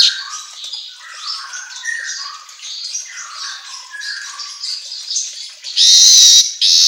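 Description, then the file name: Asian golden weaver song: soft, jumbled chattering and twittering notes throughout, with a loud sizzling hiss near the end. Song made for training songbirds, labelled 'auto gacor'. "Suara Kicau Manyar Kepala Emas Auto Gacor"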